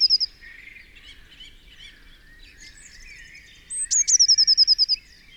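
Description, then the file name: Eurasian blue tit sounds one crisp trill near the end, a sharp high note and a rapid run of ringing notes, after soft chatter from other birds. "Cyanistes caeruleus"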